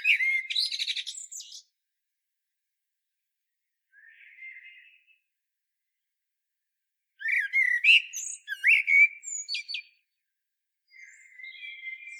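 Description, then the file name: Common blackbird song, short mellow phrases with high chattering ends, separated by silences, a faint soft phrase between them and a quieter one at the close. "Turdus merula"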